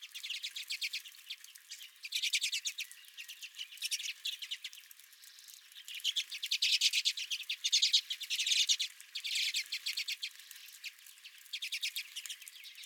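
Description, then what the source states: Redpolls giving buzzy rattling chatter in repeated bursts, separated by brief quieter twitters. Several redpolls at the recordist's own feeder.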